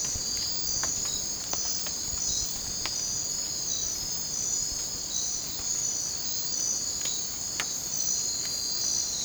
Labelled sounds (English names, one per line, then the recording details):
none
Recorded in dense forest near Puerto Asís, Putumayo, Colombia, on 20 December 2024 at 01:00
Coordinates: 0.466, -76.327
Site G075